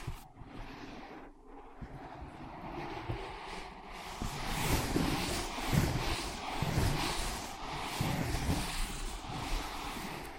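Ear pads are rubbed, scratched and tapped in a dense, continuous stream of rustling and scraping. Soft low thumps come irregularly, mostly in the second half. The sound grows fuller and louder after about four seconds.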